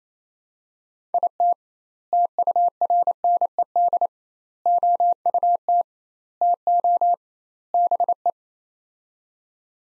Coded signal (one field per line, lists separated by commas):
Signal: Morse code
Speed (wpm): 27 wpm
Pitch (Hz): 700 Hz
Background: none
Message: IT TURNED OUT TO BE